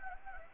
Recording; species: mosquito wingbeat signal from an infrared sensor; Anopheles gambiae